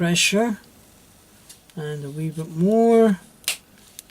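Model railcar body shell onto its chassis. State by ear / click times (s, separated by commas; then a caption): seated / 3.5 s. Someone talks while pressing the plastic body shell of a model railcar down onto its chassis, adding a little more pressure. At 3.5 s the body clicks home onto the chassis with a sharp snap and is seated properly.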